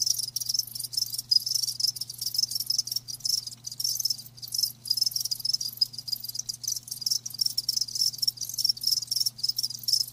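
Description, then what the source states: Crickets trilling in a thick, nearly continuous high-pitched chorus of rapid pulses, with a faint low hum underneath. Live crickets chirping with a lulling song.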